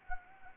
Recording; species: mosquito wingbeat signal from an infrared sensor; Anopheles arabiensis